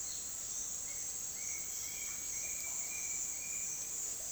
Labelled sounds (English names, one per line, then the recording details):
Bright-rumped Attila
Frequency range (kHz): Bright-rumped Attila 1.4-3.0 kHz
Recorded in dense forest near Puerto Asís, Putumayo, Colombia, on 19 February 2024 at 08:30
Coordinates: 0.466, -76.327
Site G6413